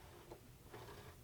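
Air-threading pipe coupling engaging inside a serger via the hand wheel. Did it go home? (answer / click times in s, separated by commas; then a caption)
no / none. A Baby Lock Victory serger has its lower-looper knob pushed in while the hand wheel is turned toward the front to connect and lock the air-threading tubes inside the machine for threading mode. Only quiet mechanical handling noise is heard, with a few faint soft swells. The coupling has not clicked or seated yet.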